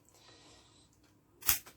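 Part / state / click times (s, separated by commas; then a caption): battery pack into handheld radio / seated / 1.5 s. A 1400 mAh battery pack is pressed into the back of a Polmar DB-5MKII handheld radio. Quiet faint rustle and a soft tick come first, then a sharp, loud snap at 1.5 s with a small follow-up tap just after. The battery pack is seated and locked in place.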